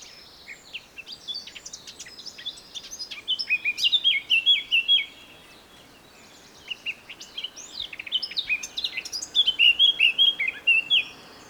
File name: Sylvia atricapilla